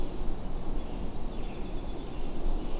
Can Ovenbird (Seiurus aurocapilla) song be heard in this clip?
no